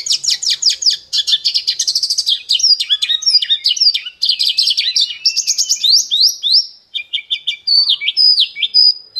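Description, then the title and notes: Bird song, a fast, varied stream of high chirps, trills and slurred whistles with short pauses, running throughout. Birdsong for training pet birds. "Suara Burung. Suara Kicauan Burung untuk memaster burung kesayangan"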